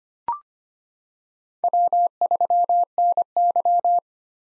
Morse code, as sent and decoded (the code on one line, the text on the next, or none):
.-- ...-- -. -.--
W3NY